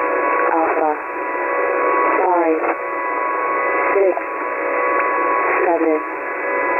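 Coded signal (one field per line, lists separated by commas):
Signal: coded military voice message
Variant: HFGCS Emergency Action Message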